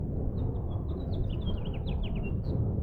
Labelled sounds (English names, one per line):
House Finch song